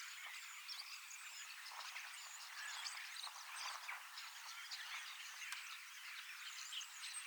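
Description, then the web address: Common starling flock in dense, continuous chatter of whistles, clicks and creaky notes, many birds singing over one another without pause. Large flock of young birds practising song in preparation for next spring; recorded 25 August 2026 in Finland. "paivat 25 8 2026 iso kottaraisten nuorisoparvi valmistautuu ensi kevaaseen lauluharjoittelemalla"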